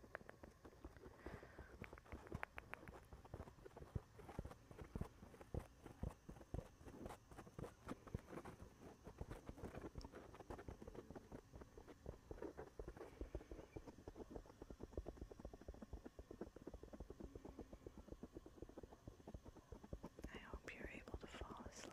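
Fingers rub and tap on a microphone and its fuzzy or foam cover, making a dense, continuous patter of soft thumps and scratchy brushing. The touches come rapidly and unevenly, with a steady low rumble underneath and a few brighter scrapes near the end.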